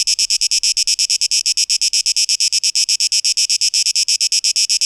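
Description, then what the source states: Cicada song with clearly separated rapid pulses, each a bright hissing buzz. Cicadas, 12 August 2023.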